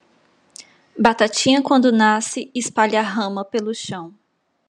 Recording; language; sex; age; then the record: short text; Brazilian Portuguese; female; 30 to 39 years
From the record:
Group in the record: control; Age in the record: 30 years